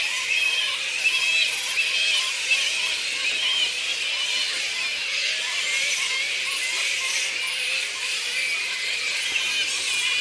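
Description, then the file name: Black flying foxes keep up a dense, grating chorus of squeaks and chatters without a break. Colony of black fruit bats giving squeaks. "Black Fruit Bats -Pteropus alecto Colony Squeaks"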